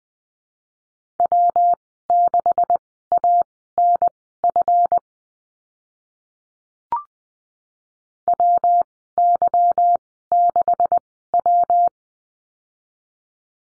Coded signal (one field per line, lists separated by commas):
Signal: Morse code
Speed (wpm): 19 wpm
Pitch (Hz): 700 Hz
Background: none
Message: W6ANF WY6W